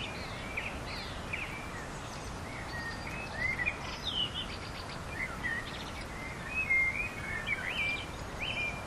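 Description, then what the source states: Bird song of short whistled and chirping notes, scattered through the recording over a steady background hiss. Recorded on a summer evening.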